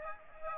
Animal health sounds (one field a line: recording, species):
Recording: mosquito wingbeat signal from an infrared sensor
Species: Aedes aegypti